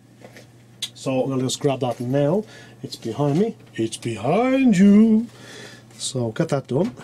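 The disc tray drawer of a Pioneer CLD-D925 laser disc player, being worked on for laser assembly error E0/E3, is handled before being refitted into its guide rails, while someone talks throughout. A few short sharp hits stand out, the strongest near 0.8 s. Nothing has seated or clicked into place yet.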